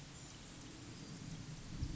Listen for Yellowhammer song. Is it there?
no